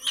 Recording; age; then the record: pig call; weaner (32 to 43 days)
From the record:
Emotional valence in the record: negative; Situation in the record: restrain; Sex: male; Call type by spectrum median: high-frequency call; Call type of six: high-frequency stable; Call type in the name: high-frequency stable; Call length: 0.11 s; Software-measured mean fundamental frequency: 259 Hz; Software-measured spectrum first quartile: 3036 Hz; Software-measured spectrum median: 3720 Hz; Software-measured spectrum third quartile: 6727 Hz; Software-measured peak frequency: 3000 Hz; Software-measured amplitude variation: 156 dB a second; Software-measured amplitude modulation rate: 9.0 a second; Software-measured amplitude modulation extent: 17.3 dB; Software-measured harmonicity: 7.3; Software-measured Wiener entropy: -2.73